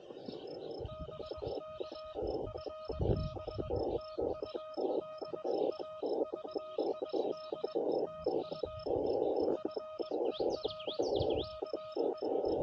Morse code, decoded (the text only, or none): BK FB TU DAVID TU FER KE